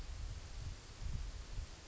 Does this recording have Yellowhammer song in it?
no